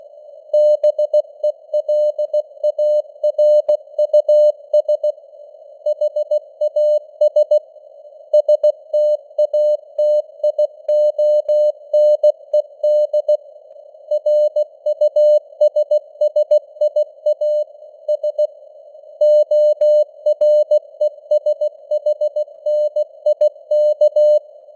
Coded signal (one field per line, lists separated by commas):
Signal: Morse code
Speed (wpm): 16 wpm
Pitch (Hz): 600 Hz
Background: none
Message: BELARUS HAS STATIONED RUSSIA S ORESHNIK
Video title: Morse Code News | 2025-12-19 | 16wpm